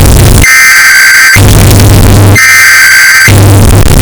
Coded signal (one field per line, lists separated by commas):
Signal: Emergency Alert System (SAME) tones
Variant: header bursts